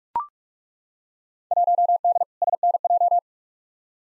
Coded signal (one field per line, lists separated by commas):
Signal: Morse code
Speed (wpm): 42 wpm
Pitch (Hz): 700 Hz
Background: none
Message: 1D SNJ